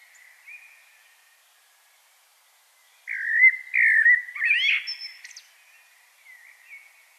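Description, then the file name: Common blackbird song: a single fluty, mellow warbled phrase after a quiet start, ending in a higher squeaky twitter. "Turdus merula"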